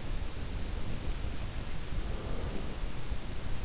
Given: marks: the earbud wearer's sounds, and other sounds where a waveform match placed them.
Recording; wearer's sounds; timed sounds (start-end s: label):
sounds in sleep by an in-ear microphone; breath
0.57-3.25 s: breath